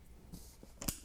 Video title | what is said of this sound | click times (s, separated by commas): Lots of Eagle Nests and mirrorless Cameras and Gear for Wildlife Photography | There you hear the click already. | 0.8 s, 0.9 s